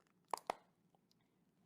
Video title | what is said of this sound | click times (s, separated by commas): DC Multiverse Superwoman Figure Review | and you can hear that click that snap very very clearly that | 0.3 s, 0.5 s